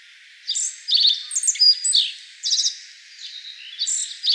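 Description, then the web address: Black-faced bunting singing a long jumble of sharp high chirps and quick buzzy trills, then a shorter phrase and the start of another. Recorded 25 May 2013. "birdenaga aoji 130525"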